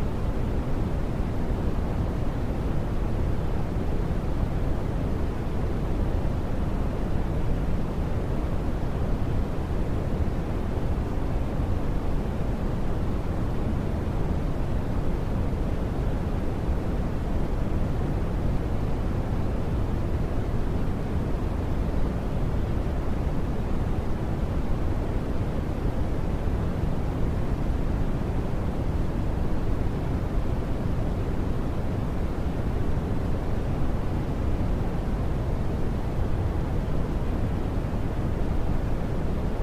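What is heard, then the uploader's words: Brown noise plays as a steady, dense rumble for the whole 40 seconds, weighted heavily toward the low end with only a soft, muffled hiss above. The level never changes, and no separate events or background sounds break through. Brown Noise For Fast Baby Sleep.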